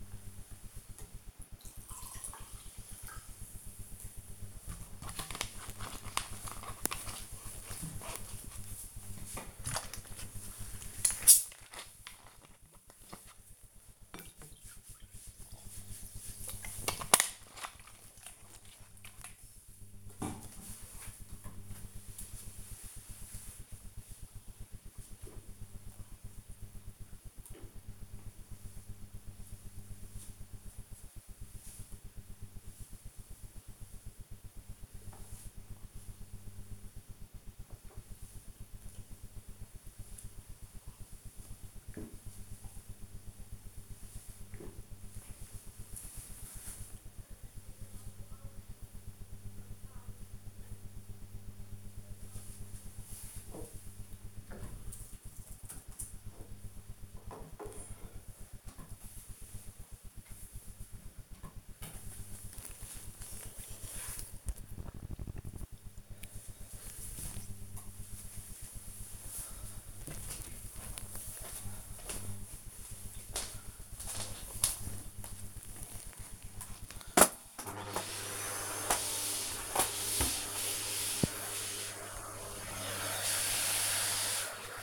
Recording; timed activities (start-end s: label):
household activities, microphone on the right wrist
21.23-58.50 s: drinking
56.50 s: note: voice
76.64-84.82 s: vacuum cleaning